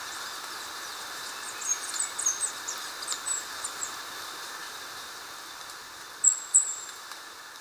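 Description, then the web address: Indigo flowerpiercer song: faint, very high thin twittering notes, then two sharper high notes near the end, over a steady hiss. Recorded in Ecuador. "Birds of Ecuador Indigo Flowerpiercer"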